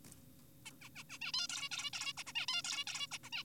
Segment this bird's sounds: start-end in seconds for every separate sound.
0.66-0.71, 0.82-0.89, 0.96-1.04, 1.10-1.18, 1.22-1.32, 1.34-1.47, 1.50-1.69, 1.72-1.91, 1.93-2.13, 2.18-2.24, 2.27-2.33, 2.36-2.46, 2.48-2.62, 2.64-2.84, 2.87-3.07, 3.12-3.18, 3.24-3.30, 3.33-3.44